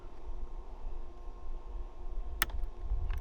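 A tool pushes the plastic wiring connector of a Berrys magnetic paddle shifter into its mating socket in the steering wheel harness of a Genesis G70, working in the tight space behind the wheel, since the G70 leaves little room around the extended paddles. A low, steady rumble runs underneath until one sharp click rings out at 2.4 s, followed by a few faint ticks. The connector is seated.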